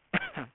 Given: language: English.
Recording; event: throat vibration sensor signal played as sound; cough